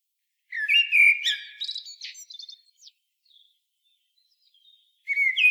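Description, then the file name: Common blackbird song: mellow fluting whistles followed by rapid, thin, chattering twitters, then a pause and the start of another phrase. "Turdus merula"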